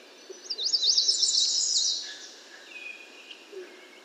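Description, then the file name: American yellow warbler song: one rapid, sweet phrase of high zigzag notes lasting about a second and a half, followed by a thin lower whistle. "American Yellow Warbler Setophaga aestiva"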